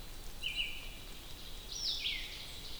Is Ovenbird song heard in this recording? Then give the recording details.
no. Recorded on 2 June 2016 at 08:40. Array SBT-3-7